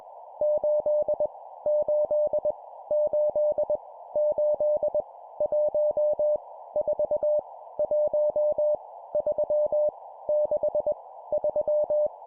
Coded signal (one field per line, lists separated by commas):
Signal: Morse code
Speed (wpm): 21 wpm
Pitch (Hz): 600 Hz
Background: none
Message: 8 8 8 8 1 4 1 3 6 3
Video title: 20wpm Random Numbers, improve cw morse code copy speed